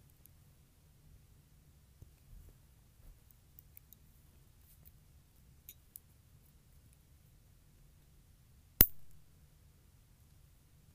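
Nail clipping: a steady low rumble with faint scattered ticks, then one loud, sharp snap of the clippers near the end.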